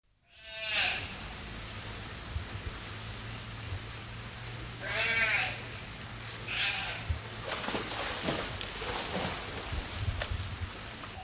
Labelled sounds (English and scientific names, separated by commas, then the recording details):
California Sea Lion (Zalophus californianus) call
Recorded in captivity
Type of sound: call
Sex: female
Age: adult
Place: Zoo Berlin, Berlin, DE
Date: 2002-10-22 15:00
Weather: overcast, 13°C
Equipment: Nagra SN, Kopie Uher 4000 Report Monitor
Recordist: Tembrock, Günter
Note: Weibchen: drei Rufe